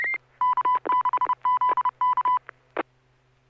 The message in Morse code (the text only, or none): K6ZK